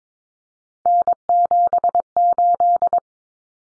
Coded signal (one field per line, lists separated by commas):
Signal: Morse code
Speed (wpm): 22 wpm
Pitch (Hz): 700 Hz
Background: none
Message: N78